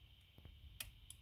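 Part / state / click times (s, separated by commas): split beam torque wrench on a bolt / torque reached / 0.8 s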